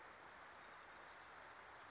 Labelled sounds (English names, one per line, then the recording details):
Wilson's Warbler
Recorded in Sonoma County, California